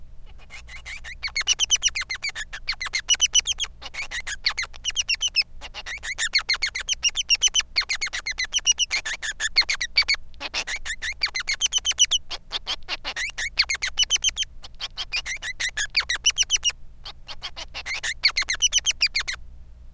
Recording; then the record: song of a male Bengalese finch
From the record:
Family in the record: son of father 3